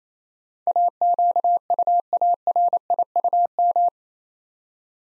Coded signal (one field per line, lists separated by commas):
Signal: Morse code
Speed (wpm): 27 wpm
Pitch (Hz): 700 Hz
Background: none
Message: AQUARIUM